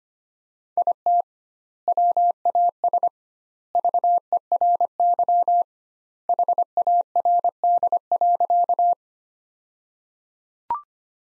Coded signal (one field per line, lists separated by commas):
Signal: Morse code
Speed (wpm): 25 wpm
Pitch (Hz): 700 Hz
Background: none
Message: IT WAS VERY HARD.